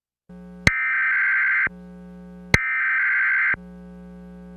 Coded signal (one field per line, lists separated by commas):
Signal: Emergency Alert System (SAME) tones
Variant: header bursts